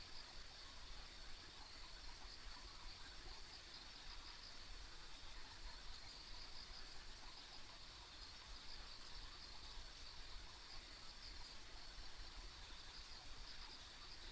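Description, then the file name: Insects in a high, unbroken chorus with short brighter trills scattered through it. A faint low hum sits underneath. Ambient insect sounds on a country road. "田舎道の虫の環境音"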